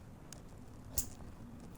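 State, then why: Seated. An RJ45 plastic connector on a network cable is squeezed in the die of a crimping tool, with sharp clicks at 0.3 s and 1.0 s, the second louder and brighter, over a low steady background. The tool's click signals that the crimp is complete and the connector is seated.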